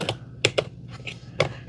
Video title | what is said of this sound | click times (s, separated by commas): MOVA Z60 Roller – You Won’t Believe This First Clean! | Make sure that kind of clicks into place. | 0.5 s